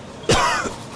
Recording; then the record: coughing mixed with background sound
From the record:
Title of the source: Coughing 51